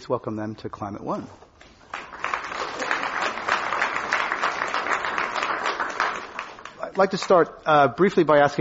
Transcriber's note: applause